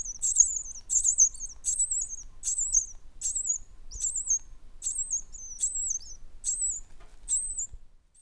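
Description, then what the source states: Baby birds giving high, thin squeaky chirps, repeated in short wavering bursts a little more than once a second, fading slightly toward the end. Baby hatchlings in a nest, tweeting.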